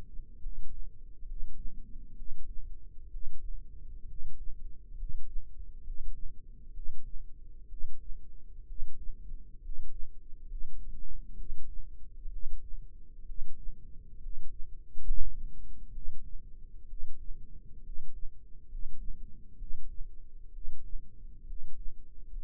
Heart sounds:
heart sounds by microphone in the left ear; 66 bpm
0.37 s: heartbeat
1.22 s: heartbeat
2.13 s: heartbeat
3.08 s: heartbeat
4.04 s: heartbeat
4.93 s: heartbeat
5.80 s: heartbeat
6.70 s: heartbeat
7.66 s: heartbeat
8.64 s: heartbeat
9.58 s: heartbeat
10.44 s: heartbeat
11.33 s: heartbeat
12.27 s: heartbeat
13.23 s: heartbeat
14.17 s: heartbeat
15.00 s: heartbeat
15.89 s: heartbeat
16.85 s: heartbeat
17.80 s: heartbeat
18.65 s: heartbeat
19.55 s: heartbeat
20.49 s: heartbeat
21.43 s: heartbeat
22.27 s: heartbeat
From the record:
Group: healthy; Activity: rest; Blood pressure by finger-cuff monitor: 100/58 mmHg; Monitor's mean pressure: 68 mmHg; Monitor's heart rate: 64 bpm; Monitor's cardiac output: 7.2 L/min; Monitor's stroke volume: 110 mL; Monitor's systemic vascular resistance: 670 dyn s/cm5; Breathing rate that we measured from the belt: 14 breaths a minute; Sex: male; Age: 22 years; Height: 185 cm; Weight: 112.4 kg

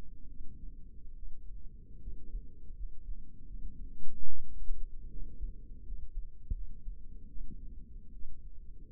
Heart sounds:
heart sounds by microphone in the left ear; 77 bpm
0.28 s: heartbeat
1.15 s: heartbeat
2.00 s: heartbeat
2.75 s: heartbeat
3.46 s: heartbeat
4.27 s: heartbeat
5.09 s: heartbeat
5.83 s: heartbeat
6.53 s: heartbeat
7.28 s: heartbeat
8.13 s: heartbeat
From the record:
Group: healthy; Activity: rest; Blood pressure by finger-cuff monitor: 136/80 mmHg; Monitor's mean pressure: 94 mmHg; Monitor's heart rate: 81 bpm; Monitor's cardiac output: 6.6 L/min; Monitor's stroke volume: 84 mL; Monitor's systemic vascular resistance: 1040 dyn s/cm5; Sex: female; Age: 22 years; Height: 160 cm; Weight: 63 kg

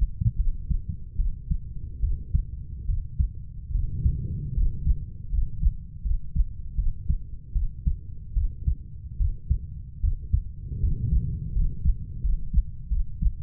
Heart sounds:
heart sounds by stethoscope; 77 bpm
0.37 s: heartbeat
1.17 s: heartbeat
2.01 s: heartbeat
2.87 s: heartbeat
3.72 s: heartbeat
4.55 s: heartbeat
5.30 s: heartbeat
6.03 s: heartbeat
6.76 s: heartbeat
7.53 s: heartbeat
8.34 s: heartbeat
9.18 s: heartbeat
10.01 s: heartbeat
10.80 s: heartbeat
11.53 s: heartbeat
12.22 s: heartbeat
12.89 s: heartbeat
From the record:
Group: healthy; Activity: rest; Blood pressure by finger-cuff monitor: 126/44 mmHg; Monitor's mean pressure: 72 mmHg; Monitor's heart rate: 75 bpm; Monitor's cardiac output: 10.9 L/min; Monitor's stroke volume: 147 mL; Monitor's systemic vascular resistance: 480 dyn s/cm5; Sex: female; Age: 32 years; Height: 168 cm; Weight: 61.9 kg

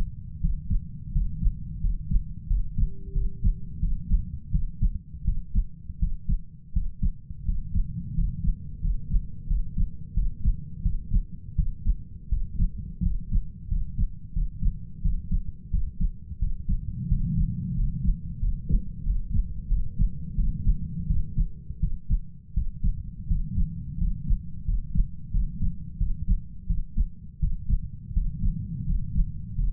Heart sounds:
heart sounds by stethoscope; 86 bpm
0.40 s: heartbeat
1.12 s: heartbeat
1.81 s: heartbeat
2.47 s: heartbeat
3.13 s: heartbeat
3.80 s: heartbeat
4.51 s: heartbeat
5.24 s: heartbeat
5.99 s: heartbeat
6.73 s: heartbeat
7.45 s: heartbeat
8.14 s: heartbeat
8.81 s: heartbeat
9.47 s: heartbeat
10.14 s: heartbeat
10.82 s: heartbeat
11.56 s: heartbeat
12.29 s: heartbeat
13.02 s: heartbeat
13.68 s: heartbeat
14.33 s: heartbeat
15.02 s: heartbeat
15.71 s: heartbeat
16.39 s: heartbeat
17.08 s: heartbeat
17.75 s: heartbeat
18.40 s: heartbeat
19.03 s: heartbeat
19.68 s: heartbeat
20.35 s: heartbeat
21.07 s: heartbeat
21.80 s: heartbeat
22.54 s: heartbeat
23.27 s: heartbeat
23.98 s: heartbeat
24.65 s: heartbeat
25.31 s: heartbeat
25.98 s: heartbeat
26.67 s: heartbeat
27.39 s: heartbeat
28.13 s: heartbeat
28.86 s: heartbeat
29.55 s: heartbeat
From the record:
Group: healthy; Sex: male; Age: 33 years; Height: 179 cm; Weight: 80.4 kg

